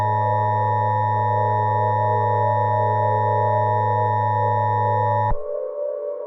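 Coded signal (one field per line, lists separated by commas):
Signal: Emergency Alert System (SAME) tones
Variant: 853 and 960 Hz attention tone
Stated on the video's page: Simulated EAS scenario, a remastered mock.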